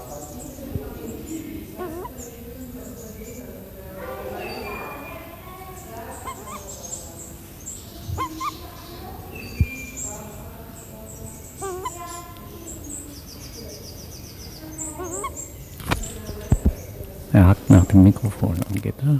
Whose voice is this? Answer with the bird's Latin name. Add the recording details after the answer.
Psophia crepitans. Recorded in captivity. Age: adult. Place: Zoo Berlin, Berlin, DE. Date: 2005-07-17 15:15. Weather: fair, 21 - 23°C. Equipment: Sony WM-D6C, Sony ECM-MS 907, Kopie Uher 4000 Report Monitor. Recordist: Tembrock, Günter